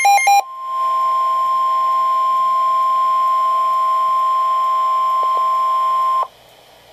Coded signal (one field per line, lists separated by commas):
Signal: Emergency Alert System (SAME) tones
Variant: 1050 Hz attention tone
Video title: Severe Thunderstorm Warnings [EAS 482-483 || 2x Header] | NOAA Weather Radio (8/3/2012)